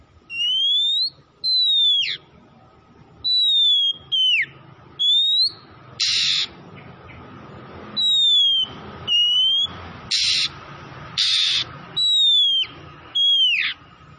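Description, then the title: Oriental magpie-robin song of clear, drawn-out whistles with sharp downward slurs, broken by a few harsh rasping notes, delivered in spaced phrases. Tretes, singing vigorously, the song style known as gacor. "Kacer Tretes"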